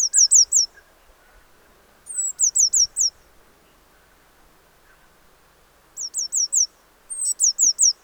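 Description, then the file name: Eurasian blue tit uttering short groups of about four high, sharp notes, sometimes preceded by a thin drawn-out note, spaced by pauses. "Cyanistes caeruleus"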